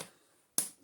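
A plastic filter or cover part of a Sebo Felix Premium Eco upright vacuum cleaner is pushed down into the filter housing of the body after a first wrong attempt, since everything has to be fully sealed. Faint low noise is followed by one sharp click at 0.6 s as the part seats in place.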